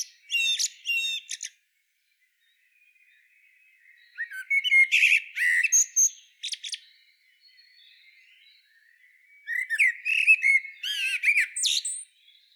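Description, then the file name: Common blackbird song in three phrases spaced by silent gaps; the later two mix low flute-like whistles with shrill, jumbled twittering at the end. "Turdus merula"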